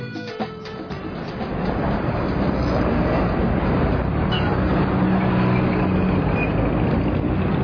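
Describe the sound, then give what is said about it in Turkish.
Steady, dense street traffic rumble at a bus stop, a low continuous roar of engines from cars and heavier vehicles, swelling after the first second and holding at an even level. “Hadi şimdi caddeye çıkıp Emirgan otobüsüne binelim.”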